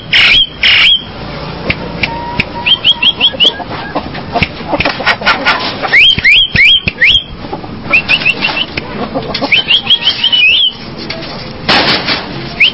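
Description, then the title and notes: Javan myna song mixing short groups of upslurred whistles with loud harsh squawks and scratchy rattles, delivered in uneven bursts. "Jalak Kebo. Kicau Burung Jalak"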